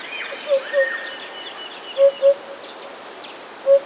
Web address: wroblowe kolekcja dudek